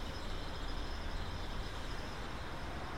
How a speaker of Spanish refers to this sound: Y así es, cuando todo acaba, cuando las ventanas están rotas, tan solo queda el ruido de la calle, los coches, las personas pasando, nada más.